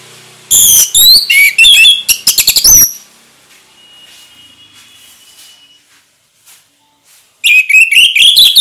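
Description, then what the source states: Orange-headed thrush song: loud tumbling runs of high whistles and sweeps, a long quiet stretch with a faint thin whistle, then another vigorous burst. Ngeplong song style, singing vigorously (gacor).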